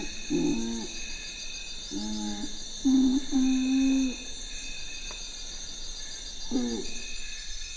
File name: Canto do urumutum